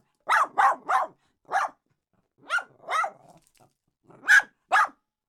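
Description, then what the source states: Dog barking in an uneven series of about eight sharp, high barks, the first three in quick succession, with short gaps between. Small dog barking.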